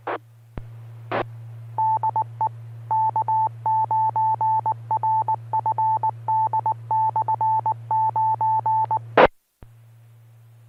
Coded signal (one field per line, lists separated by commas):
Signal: Morse code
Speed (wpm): 19 wpm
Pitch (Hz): 880 Hz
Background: none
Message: DE K9RFD/9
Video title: Friday Night Fun Net | Amateur Radio Worldwide Live Stream Radio | KD9MED